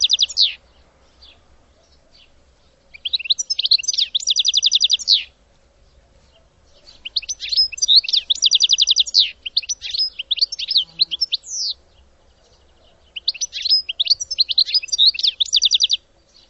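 Bird song: high, rapid trilled phrases of sharp repeated notes, each lasting up to about three seconds and separated by short pauses, over a quiet background.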